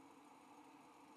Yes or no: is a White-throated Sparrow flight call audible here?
no